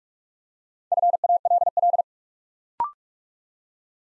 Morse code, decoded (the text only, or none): FALL